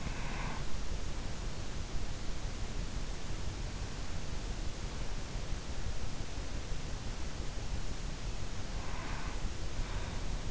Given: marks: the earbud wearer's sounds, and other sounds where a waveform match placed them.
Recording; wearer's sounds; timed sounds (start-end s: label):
sounds in sleep by an in-ear microphone; breath
0.00-0.83 s: breath
8.67-10.51 s: breath